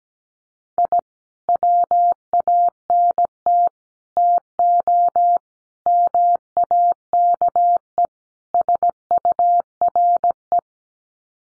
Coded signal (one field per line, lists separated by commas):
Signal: Morse code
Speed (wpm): 17 wpm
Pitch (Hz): 700 Hz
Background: none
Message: I WANT TO MAKE SURE